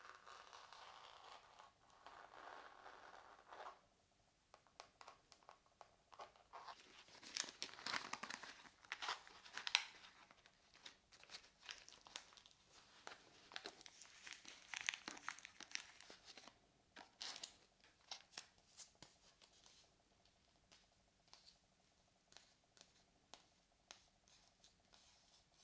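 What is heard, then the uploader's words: Tapping and scratching, with dense crinkly rustling bursts around eight and fifteen seconds and sparse sharp taps between. ASMR Tapping and Scratching for Tingles.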